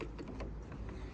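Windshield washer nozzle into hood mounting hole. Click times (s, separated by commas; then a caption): 0.0 s. A cleaned plastic windshield washer nozzle is pressed back into its mounting hole in the hood panel and clicks into place at 0.0 s. A few more softer knocks and handling sounds follow at about 0.2, 0.4, 0.7 and 0.9 s. The nozzle is seated.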